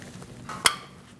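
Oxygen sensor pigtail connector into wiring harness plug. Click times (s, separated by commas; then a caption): 0.7 s. The plastic electrical connector of a new downstream oxygen sensor on a 2004-2012 Chevrolet Colorado 3.7L L5 is lined up and pushed onto the vehicle's wiring harness plug. After a couple of faint ticks, one sharp click sounds at 0.7 s, and the connector is seated.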